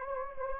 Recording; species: mosquito wingbeat signal from an infrared sensor; Anopheles gambiae